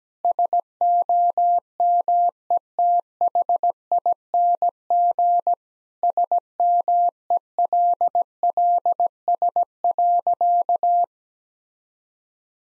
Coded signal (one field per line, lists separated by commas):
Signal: Morse code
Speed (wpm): 17 wpm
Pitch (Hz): 700 Hz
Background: none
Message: SOMETHING SMELLS.